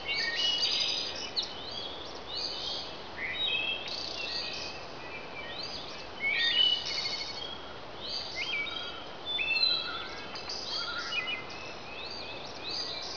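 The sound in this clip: Birds chirping, with short varied high chirps and whistles scattered irregularly over a steady background hiss.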